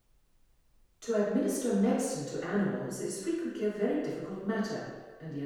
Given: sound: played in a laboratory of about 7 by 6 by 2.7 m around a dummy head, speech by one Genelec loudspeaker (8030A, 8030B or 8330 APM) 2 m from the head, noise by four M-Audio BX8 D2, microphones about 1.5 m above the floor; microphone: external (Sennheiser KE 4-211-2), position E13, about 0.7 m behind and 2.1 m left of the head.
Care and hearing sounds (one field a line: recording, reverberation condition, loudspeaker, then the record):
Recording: female speech in English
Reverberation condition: high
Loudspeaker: 90 degrees to the right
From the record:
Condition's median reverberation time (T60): about 1300 ms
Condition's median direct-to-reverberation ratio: about -4.0 dB